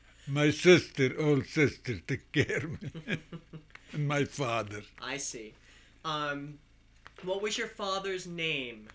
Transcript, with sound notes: My sister, old sister take care of me. (chuckling) And my father.
I see. What was your father's name?